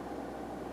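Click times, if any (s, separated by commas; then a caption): none. A second wire connector is being pushed into the next cell monitor module of a Batrium BMS with help from a screwdriver. Only a steady, even hum with a low tone is heard, with no distinct hits. Nothing has seated or clicked yet.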